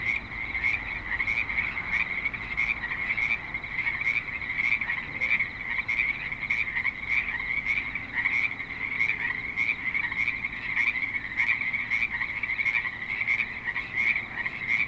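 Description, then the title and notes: Continuous frog chorus, many overlapping croaks with rapid repeated pulses throughout and soft low background noise. Frogs at a creek in Spanish Springs, Nevada, in a suburban setting. "Frogs in Spanish Springs, NV - creek view. Frogs with light traffic and other suburban sounds"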